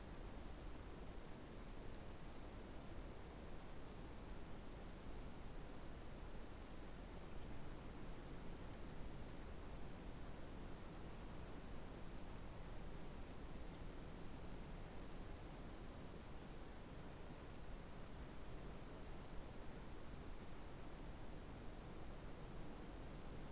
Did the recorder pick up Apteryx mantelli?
no